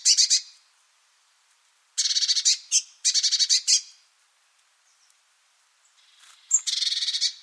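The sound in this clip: Bird giving harsh, buzzy rattling calls in short bursts of rapid pulses, about four bursts separated by pauses of varying length.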